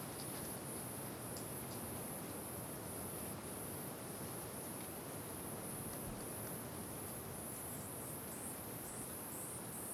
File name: Ambiencia com Vento Forte Passaros e Grilos na Cachoeira Simao Correa